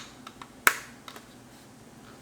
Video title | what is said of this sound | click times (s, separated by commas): Vlog 40 - Lexus GX470 Garage Alpha TRD Style Grille Install | yep that clicked right in so | 0.7 s